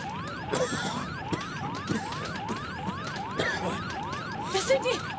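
Smoke detectors in a burning house shrieking, a loud electronic tone sweeping rapidly up and down in a steady repeating zigzag, continuous over a noisy background with faint murmuring.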